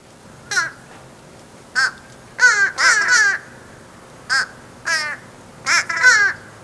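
Fish crows calling: harsh, nasal caws, some single and some in quick doubled bursts, spread irregularly throughout.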